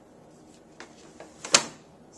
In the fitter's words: snaps right in there and then you're going to take the safety strap and